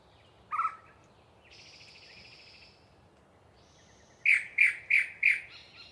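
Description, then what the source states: Yellow-breasted chat giving a brief low note, a sustained buzzy tone, then four loud clucking notes in quick succession. Long pre-dawn song from a particularly chatty bird in deciduous cover.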